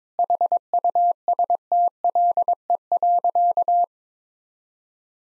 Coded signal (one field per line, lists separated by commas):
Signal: Morse code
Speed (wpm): 22 wpm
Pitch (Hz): 700 Hz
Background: none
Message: HUSTLE.